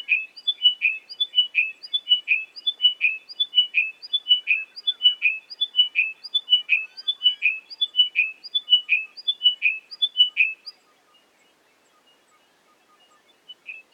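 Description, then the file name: Chiming wedgebill pouring out rapid descending whistled chimes for about ten seconds, then falling quiet with only a few faint notes near the end. "British Library - Chiming Wedgebill Sphenostoma occidentalis"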